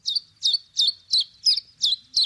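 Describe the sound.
Common Chiffchaff song: seven evenly spaced high chip notes, steady and monotonous.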